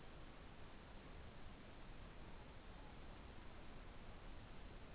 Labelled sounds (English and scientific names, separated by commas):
Morepork (Ninox novaeseelandiae) more-pork call